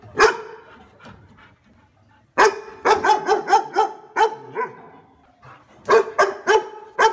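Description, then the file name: Dog barking: one sharp bark, a pause of about two seconds, then a rapid burst of several barks, a brief gap, and another quick series of four barks. "Tieng cho sua"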